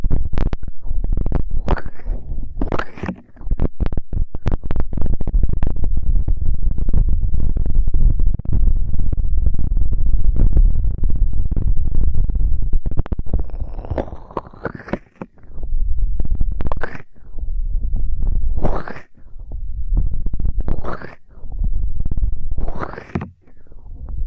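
Ear cleaning sounds made of dense, low rubbing and muffled rumbling, with quick scratchy crackles scattered through the first fifteen seconds. Afterward the rubbing comes in separate swells about every two seconds, each ending in a sharp brushing sweep, with short silences between.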